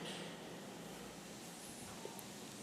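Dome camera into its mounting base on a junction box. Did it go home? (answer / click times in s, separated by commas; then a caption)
yes / 2.2 s. A dome CCTV camera is set onto its mounting base on a PVC junction box and pressed down over steady low background noise. A single sharp click at 2.2 seconds marks the camera snapping in and locking into the base.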